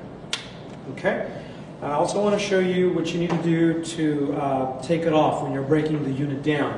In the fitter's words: press in and it's it will snap so listen for the snap